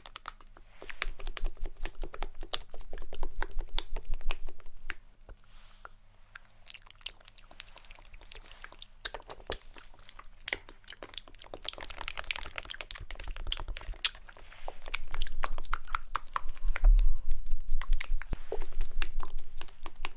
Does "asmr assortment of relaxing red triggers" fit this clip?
yes